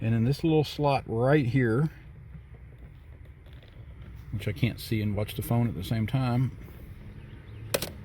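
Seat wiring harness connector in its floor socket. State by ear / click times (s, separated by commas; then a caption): released / 7.7 s. A small screwdriver in the slot of the plastic cam lock on the seat wiring harness connector under the seat of a 2014 Chevy Camaro is pushed fully to the side so the lock slides open and cams the connector free of its floor socket. Someone talks over a quiet background, then a sharp click is heard at 7.7 s, followed by a smaller one just after. The connector is released.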